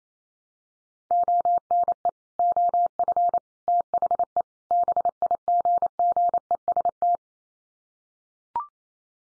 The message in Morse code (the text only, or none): ONE OF THE BIGGEST